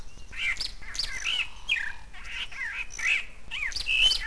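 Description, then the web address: Bird calls: a varied series of squawky, whistled notes rising and falling, with a low rumbling background. "Net Power 2-97. birds"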